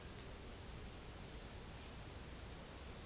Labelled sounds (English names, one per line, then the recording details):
none
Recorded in secondary vegetation near Puerto Asís, Putumayo, Colombia, on 26 December 2024 at 13:00
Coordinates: 0.489, -76.322
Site G059